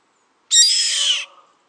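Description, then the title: Yellow-headed Caracara giving one harsh, hoarse screech lasting under a second, in otherwise quiet surroundings. "LuckyPassaro Completos2Sama. Yellow-headed Caracara (Milvago chimachima)"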